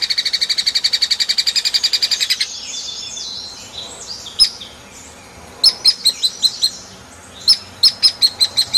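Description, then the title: Hairy woodpecker calling: a fast, even rattle of high notes for two seconds, then scattered squeaky notes and short bursts of sharp repeated calls. Used as masteran tutoring audio for training kacer, murai and cucak hijau songbirds. "platuk hairy untuk kacer murai cucak hijau masteran"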